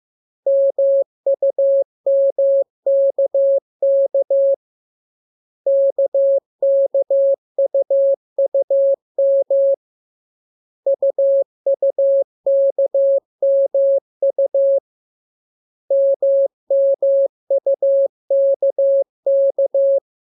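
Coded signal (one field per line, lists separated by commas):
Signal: Morse code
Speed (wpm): 15 wpm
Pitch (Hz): 550 Hz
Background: none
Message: MUMKK KKUUM UUKMU MMUKK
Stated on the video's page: Morse code lesson two teaching letters K, M and U; each transmission opens with VVV and a section sign and ends with AR.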